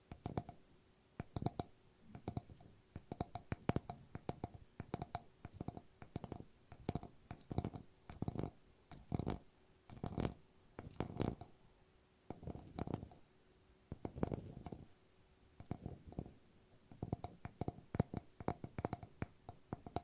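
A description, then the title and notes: Glass is tapped over and over in quick, uneven bursts, sharp bright clicks coming several to a second with brief pauses between clusters. A faint, steady ring hums underneath, lingering between taps throughout the twenty seconds. ASMR No Talking Glass Tapping and Ringing Sounds.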